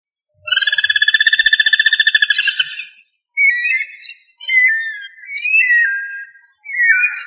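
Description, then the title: Bird song: a buzzy, pulsed trill of about two seconds, then several short whistled phrases that rise and fall, separated by brief pauses. "LuckyPassaro Completos2Sama"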